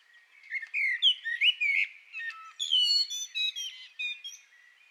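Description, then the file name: Common blackbird song, a flowing, fluty warble of rising and falling whistles moving into higher, squeaky notes near the end. "Turdus merula"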